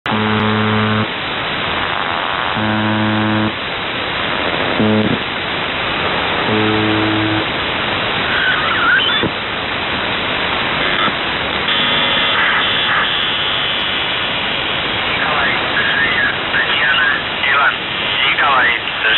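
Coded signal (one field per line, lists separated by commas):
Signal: numbers station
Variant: UVB-76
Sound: four low harsh buzzes, then a faint distorted voice under heavy static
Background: radio static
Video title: The Buzzer/UVB-76(4625Khz) May 1st, 2023 12:54UTC Voice message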